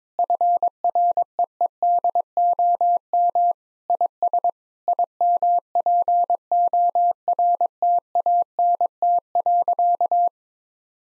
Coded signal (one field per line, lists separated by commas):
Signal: Morse code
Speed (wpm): 21 wpm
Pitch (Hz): 700 Hz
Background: none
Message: FREEDOM IS IMPORTANT.